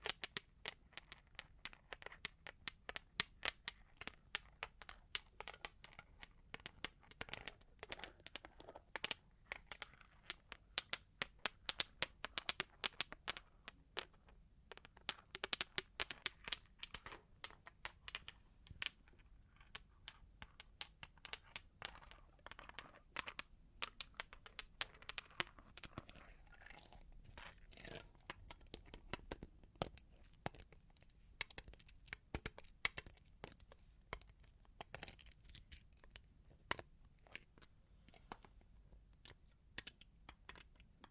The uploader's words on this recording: Long Claws Tapping and Scratching (No Talking).